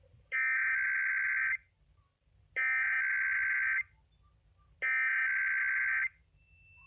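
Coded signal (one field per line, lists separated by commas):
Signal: Emergency Alert System (SAME) tones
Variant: header bursts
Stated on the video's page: Required weekly and monthly tests recorded off a Reecom R-1650D weather radio; valid EAS tones.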